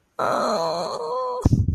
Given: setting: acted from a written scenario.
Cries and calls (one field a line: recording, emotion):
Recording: vocal sound without words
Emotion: sadness